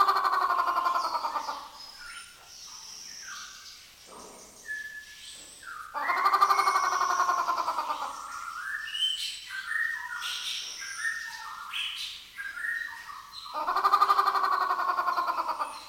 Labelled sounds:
White-rumped Shama

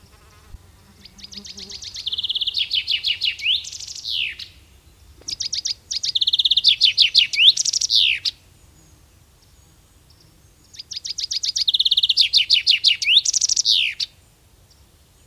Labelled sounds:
Common Chaffinch song

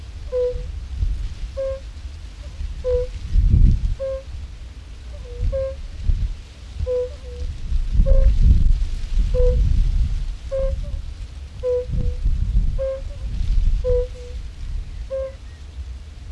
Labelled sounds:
Fire-Bellied Toad call

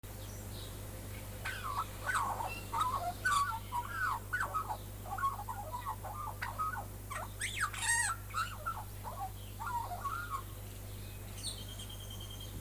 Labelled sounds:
Australian Magpie song

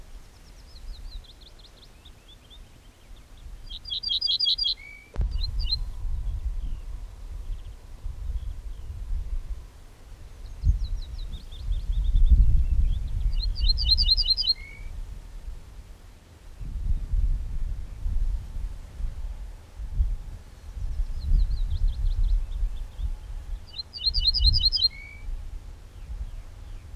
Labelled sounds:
Ortolan Bunting song

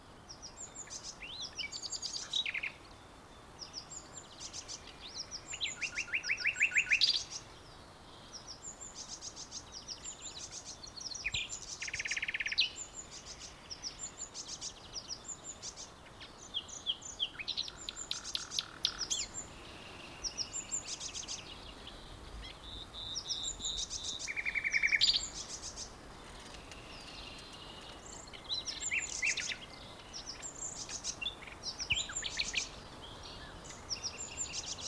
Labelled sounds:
Common Nightingale

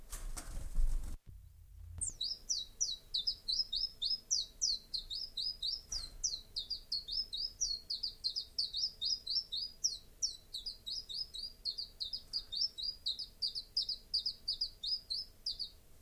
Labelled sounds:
Common Chiffchaff song

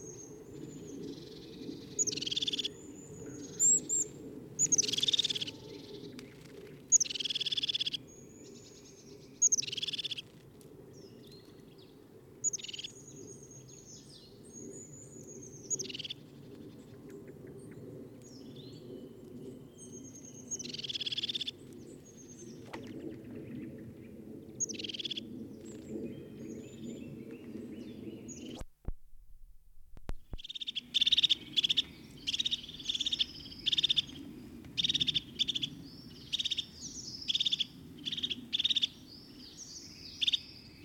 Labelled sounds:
European Crested Tit

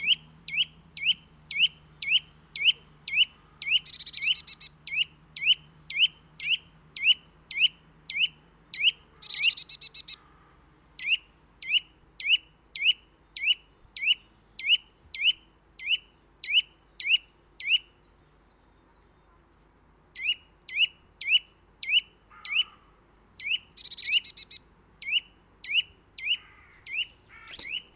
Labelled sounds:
Eurasian Nuthatch song

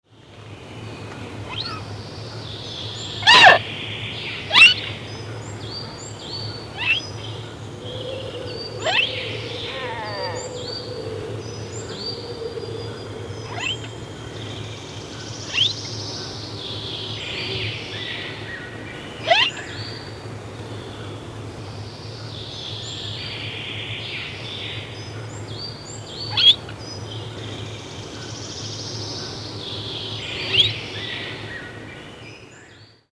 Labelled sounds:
Chital

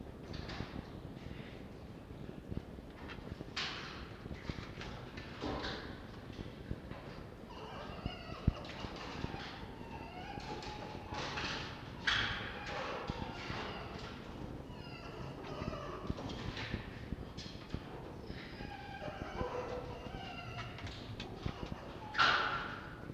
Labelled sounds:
Red Fox

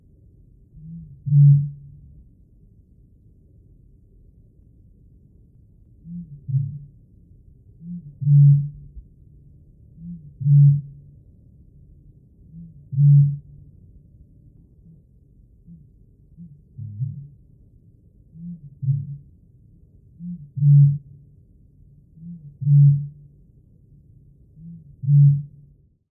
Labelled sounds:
Great Bittern

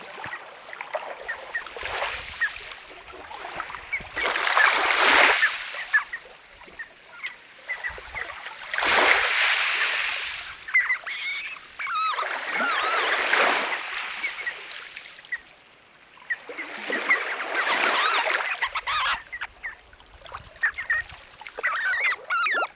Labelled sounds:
Red Knot call

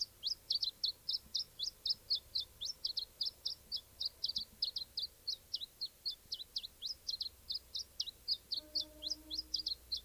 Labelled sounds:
Iberian Chiffchaff song

